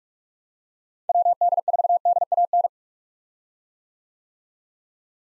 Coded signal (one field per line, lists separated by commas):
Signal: Morse code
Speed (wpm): 46 wpm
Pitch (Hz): 700 Hz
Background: none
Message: WD4DAN